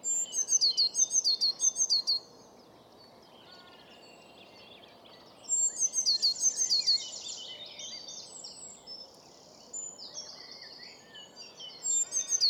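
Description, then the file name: Eurasian blue tit repeating runs of high, sharp, down-slurred notes: two runs and the start of a third, with fainter bird twitters and hiss between. "Cyanistes caeruleus"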